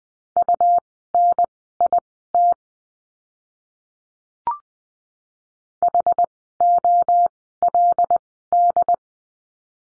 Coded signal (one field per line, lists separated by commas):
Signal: Morse code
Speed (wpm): 20 wpm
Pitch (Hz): 700 Hz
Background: none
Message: UNIT HOLD